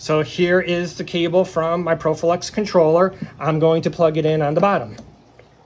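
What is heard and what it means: Someone talks while holding the bus cable from a ProfiLux X aquarium controller, about to plug it into the bottom PAB port of a GHL ION Director dosing unit. After the talking stops, only a faint, quiet tick is heard near 5.4 s. The cable has not seated or clicked in yet.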